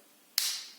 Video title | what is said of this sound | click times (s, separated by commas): Секатор 15G205 VERTO с храповым механизмом | до щелчка делаем следующее движение снова | 0.4 s